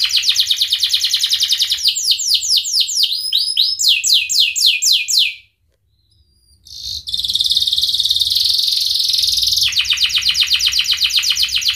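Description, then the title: Canary singing fast rolling downslurred notes that slow into looser swoops, then a pause, a sustained buzzy roll and another quick trill. Indonesian kicaumania songbird hobby; canary described as gacor (singing energetically) with its best cengkok (song ornamentation) and richest isian (fill-in phrases). "Kenari Gacor Cengkok Terbaik Isian Paling Mewah Kenarigacor Kicaumania Kenari"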